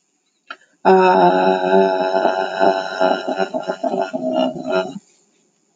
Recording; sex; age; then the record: vowel held as long as possible; female; 30 to 39 years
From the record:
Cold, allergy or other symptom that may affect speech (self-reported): no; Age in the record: 39 years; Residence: Utah, United States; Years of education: 12